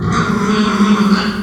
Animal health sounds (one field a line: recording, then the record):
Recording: squeal of a Yucatan mini pig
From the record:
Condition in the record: after surgery on the right vocal fold (resection and tissue-engineered implant)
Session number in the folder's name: 16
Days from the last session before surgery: 183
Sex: female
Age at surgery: 19 weeks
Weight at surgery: 25 kg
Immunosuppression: prednisolone